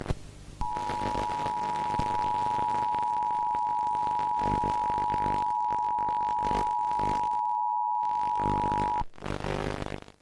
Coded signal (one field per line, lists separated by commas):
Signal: Emergency Alert System (SAME) tones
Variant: 853 and 960 Hz attention tone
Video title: SHARKS - EAS PARODY